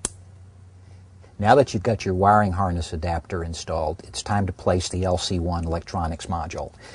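A plastic pigtail connector from a wideband O2 sensor is pushed firmly into the socket of an LC-1 electronics controller module during a wideband O2 upgrade on a Harley-Davidson. A single sharp click at 0.1 s marks the connector seating. After a short quiet pause, someone talks.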